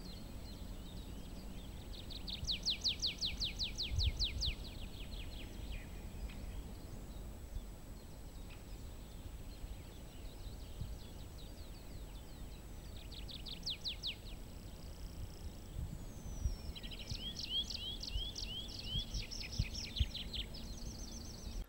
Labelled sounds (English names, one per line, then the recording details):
Tree Pipit
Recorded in the wild
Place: Gerlitzen, Kärnten, AT
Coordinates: 46.693, 13.917
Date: 1971-05-12
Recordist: Brunner, Thomas